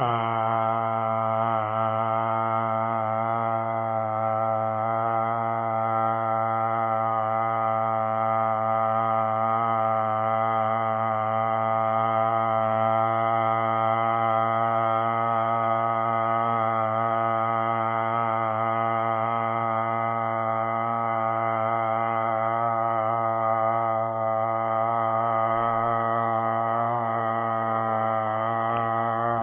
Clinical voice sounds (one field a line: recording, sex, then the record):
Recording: sustained vowel /a/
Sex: male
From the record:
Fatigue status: no fatigue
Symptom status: asymptomatic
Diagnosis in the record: COVID-19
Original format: 3gp